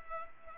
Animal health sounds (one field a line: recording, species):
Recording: mosquito wingbeat signal from an infrared sensor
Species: Culex pipiens